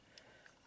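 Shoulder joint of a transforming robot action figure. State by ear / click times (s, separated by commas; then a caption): not seated / none. The plastic shoulder joint of a Power Charge Bumblebee transforming robot action figure is worked by hand during its transformation, giving two faint, brief ticks at about 0.2 s and 0.5 s over a quiet background. The joint does not click into place; nothing has seated or clicked.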